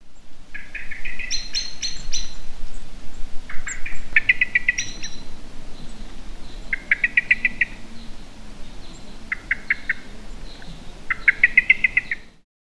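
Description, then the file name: Common blackbird giving bursts of sharp, chattering notes, some in quick clusters with brief pauses between, over a low hum. "Turdus merula"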